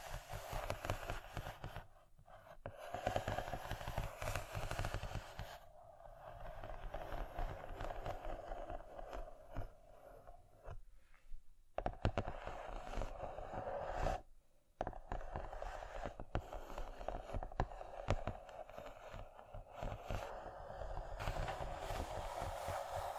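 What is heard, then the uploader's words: Scratching sounds run through most of the clip as a dense, rough rasp with a strong low rumble and a mid-range scrape. The texture is steady and fast, broken by short pauses near 2, 6, 11 and 14 seconds before resuming. ASMR Scratching.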